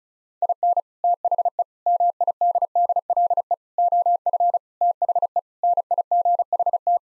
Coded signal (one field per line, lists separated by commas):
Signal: Morse code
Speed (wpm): 36 wpm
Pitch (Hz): 700 Hz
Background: none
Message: IN THE MIDDLE OF THE NIGHT